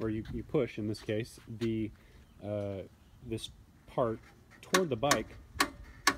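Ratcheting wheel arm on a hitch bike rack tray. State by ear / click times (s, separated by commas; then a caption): seated / 5.6 s, 6.1 s. Someone talks while pushing the ratcheting hold-down arm on a hitch-mounted 1UP USA bike rack tray toward the bike wheel. Sharp metallic clicks at 5.6 s and 6.1 s are the arm ratcheting and locking into place.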